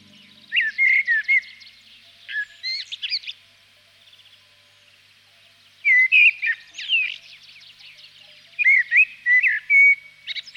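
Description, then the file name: Common blackbird singing four fluty, warbling phrases, each mixing mellow whistles with scratchy high-pitched twitters, separated by pauses of a second or two. "chernyy drozd"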